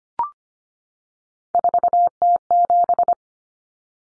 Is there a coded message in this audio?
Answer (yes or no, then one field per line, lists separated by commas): yes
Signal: Morse code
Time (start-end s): 1.5-3.1 s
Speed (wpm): 25 wpm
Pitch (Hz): 700 Hz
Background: none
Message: 4T7